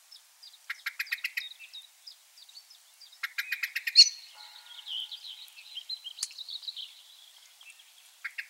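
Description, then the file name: Common blackbird calls: short series of rapid ticking notes repeated three times, with thin, high warbling from another bird in between. "Turdus merula"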